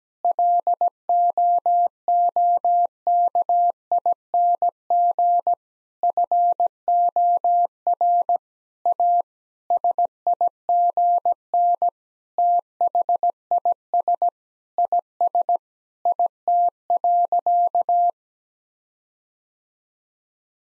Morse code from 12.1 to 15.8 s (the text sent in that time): THIS IS